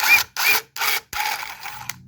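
A self-tapping screw is driven into a thick sheet-metal bracket with a ratcheting driver, with bursts of ratcheting and grinding separated by short silences. Sharp clicks at 0.4 s and 1.1 s come as the thread slips, and the screw strips.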